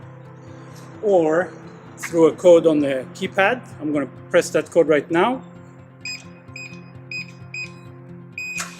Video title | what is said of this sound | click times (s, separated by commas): Santa Monica Gate Installation - Mulholland Security Los Angeles | hear the little click and then we just pull it open | 8.4 s